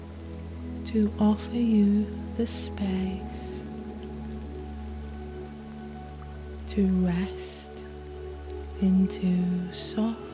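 Rain makes a steady, even hiss beneath soft music of sustained, unchanging tones over a constant low hum. Brief voice-like phrases with sharp hissing consonants break in around one to three seconds, near seven seconds, and again near nine to ten.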